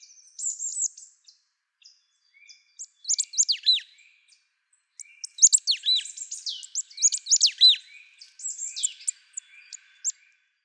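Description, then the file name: Marsh tit calls: a busy run of high, sharp chirps and down-slurred notes in uneven clusters, with brief pauses between bursts. "Paprastoji Pilkoji Zylė- Marsh Tit - Poecile palustris"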